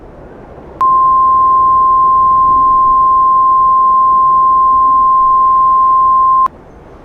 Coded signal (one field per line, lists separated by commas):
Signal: Emergency Alert System (SAME) tones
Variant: 1050 Hz attention tone